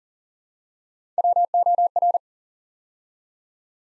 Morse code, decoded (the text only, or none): WOR